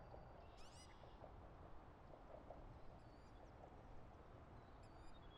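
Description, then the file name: Birds giving high chirps, with a quick run of rising notes near the start and a few thin whistles later, over a steady low city rumble. Birds in a city park. "Birds in park - city BG"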